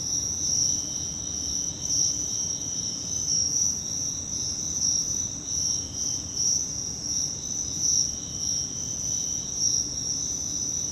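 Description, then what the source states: Many crickets trilling together in an unbroken high-pitched chorus, gently pulsing in loudness, with faint low-frequency background noise. Crickets, more than one, in Virginia.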